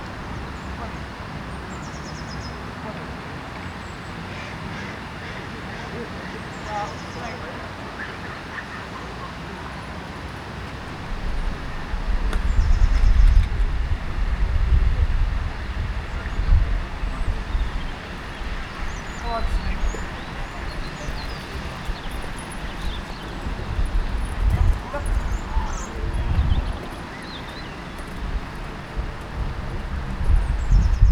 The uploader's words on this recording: City park, part 1. Captured in a city park on Boxing day. A fountain is spraying water high into the air in the distance while children play.